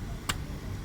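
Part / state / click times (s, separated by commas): ignition coil cap onto spark plug / seated / 0.3 s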